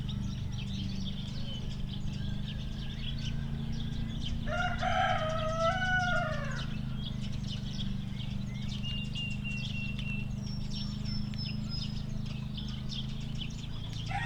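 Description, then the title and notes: Chicken: a single rooster crow, a strong rising-then-falling harmonic call about two seconds long, set against a continuous mower-like drone and scattered thin bird chirps. Recorded Saturday 18 May 2019 in Siemianowice Śląskie, Poland; chickens with lawn mowing, compact excavator digging and birds twittering; Zoom H5 with Audio-Technica BP4025. "Poranna 1, 41-103 Siemianowice Śląskie, Polska - Kury, kosiarka i koparka. Sobota, 18 maja 2019. Kury, ktoś kosi trawnik, ktoś kopie koparką, ktoś spaceruje. Ptaki świergoczą. Zarejestrowano w ramach projektu Nagrania terenowe Siemianowic Śląskich - Dźwiękowy Portret Miasta"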